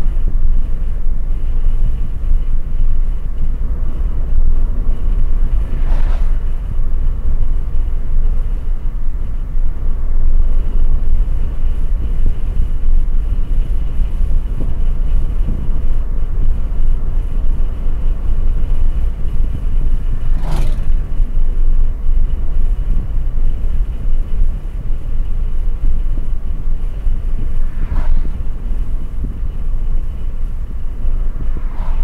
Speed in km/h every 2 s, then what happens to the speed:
62, 63, 64, 66, 68, 69, 68, 68, 68, 66, 66, 67, 66, 63, 61, 61.
0-10 speeds up to 69. 10-32 slows to 61.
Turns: none.